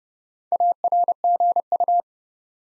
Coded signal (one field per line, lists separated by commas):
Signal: Morse code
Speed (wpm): 30 wpm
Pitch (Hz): 700 Hz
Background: none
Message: ARGU